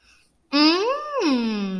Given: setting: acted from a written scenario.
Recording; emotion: vocal sound without words; interest